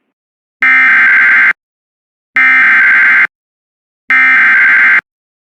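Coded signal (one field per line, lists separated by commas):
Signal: Emergency Alert System (SAME) tones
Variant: header bursts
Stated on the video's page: A required weekly test and three Severe Thunderstorm Warnings on an internet stream.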